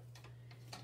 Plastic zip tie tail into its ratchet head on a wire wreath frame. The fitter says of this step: and then you just slip your zip tie until you hear it click